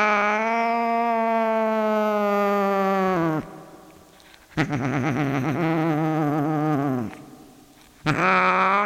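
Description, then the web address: Cat yowls: a long steady wail, a pause, a second quavering wail, then a third begins after another short gap. A cat named Sunshine. "sunshine the cat sunshine the cat-sounds of the cat"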